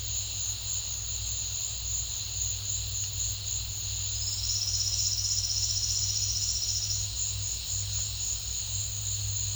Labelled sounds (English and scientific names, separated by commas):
none